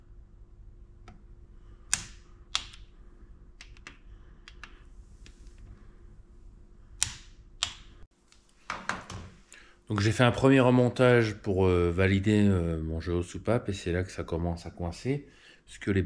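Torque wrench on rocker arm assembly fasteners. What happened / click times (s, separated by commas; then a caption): The torque wrench clicked at its set torque on two fasteners / 1.9 s, 2.6 s, 7.0 s, 7.6 s. A torque wrench tightens the fasteners of a refitted rocker arm assembly and clicks sharply at its set torque at 1.9, 2.6, 7.0 and 7.6 seconds. A few softer knocks follow around 8.7 to 8.9 seconds, then someone talks.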